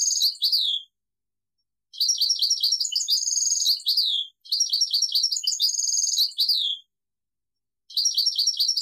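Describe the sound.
European goldfinch singing fast, tinkling twittered phrases, some running over two seconds, mostly broken by pauses of about a second.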